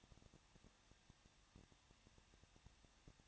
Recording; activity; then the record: daily activity, microphone in the room; no activity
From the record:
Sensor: 3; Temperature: 21.2 degrees Celsius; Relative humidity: 36.2%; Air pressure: 1006.5 hPa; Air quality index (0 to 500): 220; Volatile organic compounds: 39 ppm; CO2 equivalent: 3128 ppm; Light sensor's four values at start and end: 2/3/2/2 and 2/3/2/2